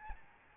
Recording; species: mosquito wingbeat signal from an infrared sensor; Aedes albopictus